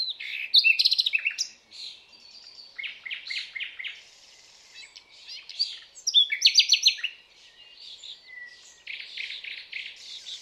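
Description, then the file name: Common nightingale song: energetic phrases of rapid pulsed notes and sharp trills, alternating loud bursts with softer twittering and thin whistles. "Luscinia megarhynchos"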